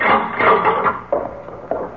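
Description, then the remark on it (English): A door swings on its hinges with a long, raspy creak, followed by a couple of soft wooden knocks as it settles. No one speaks. “Door.”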